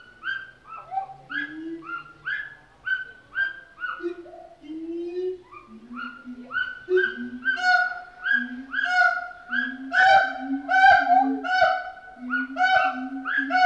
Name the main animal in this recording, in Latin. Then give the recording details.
Hylobates pileatus. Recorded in captivity. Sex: pair. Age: adult. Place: Zoo Berlin, Berlin, DE. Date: 1988-07-23 10:12. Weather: sonnig, 21-30°C. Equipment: 19 cm Stereo. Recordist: Tembrock, Günter